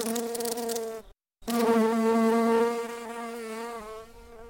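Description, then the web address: Bumblebee buzzing, a deep continuous drone broken by a short gap, then resuming and slowly fading. "lynne-publishing Bumble Bee Buzzing"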